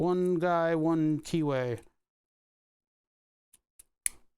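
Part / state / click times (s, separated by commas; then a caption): industrial push button contact block onto panel mount / seated / 4.1 s. Someone talks, then an industrial panel-mount push button's contact block is lined up by its keyways and pushed onto the panel mount. Two faint ticks come at 3.5 and 3.8 seconds, then a sharp plastic snap at 4.1 seconds as it seats in place.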